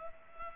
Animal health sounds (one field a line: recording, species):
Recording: mosquito wingbeat signal from an infrared sensor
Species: Culex pipiens